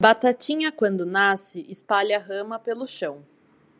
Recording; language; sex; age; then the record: short text; Brazilian Portuguese; female; 20 to 29 years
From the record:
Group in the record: control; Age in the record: 27 years